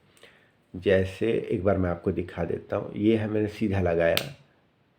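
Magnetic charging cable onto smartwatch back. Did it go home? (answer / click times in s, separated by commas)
no / none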